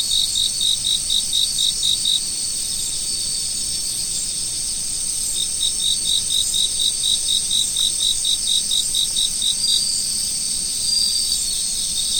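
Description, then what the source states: Insects chirping in a rapid pulsed series, two bursts of regular high chirps over a steady high-pitched background drone of other insects. Insects recorded in autumn.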